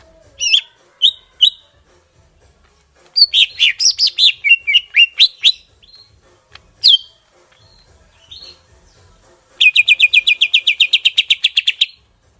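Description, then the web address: Greater green leafbird song of scattered bright chirps and a rapid run of varied notes, ending in a quick steady train of buzzy repeated notes. From Kalimantan. "cucak ijo kalimantan"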